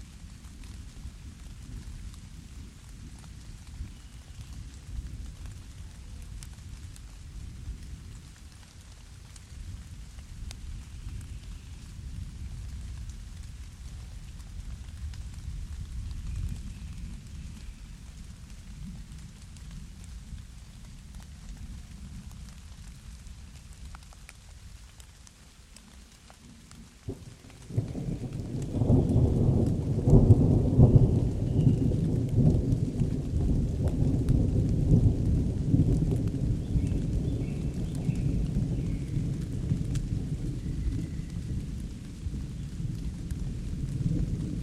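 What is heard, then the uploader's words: Calm rain falls in a forest under a low, rolling thunder rumble that swells and fades through the first half. Just before the thirty-second mark a much louder peal of thunder breaks and keeps grumbling to the end, with a few faint bird chirps above it. Calm rain with thunder and birdsong in a forest in southern England. Calm rain and thunder in the forest.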